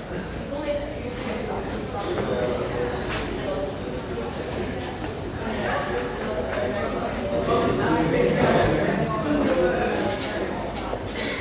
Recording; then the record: background sound without coughing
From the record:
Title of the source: 40 min - Ambience sounds UNIVERSITY lunchroom chatting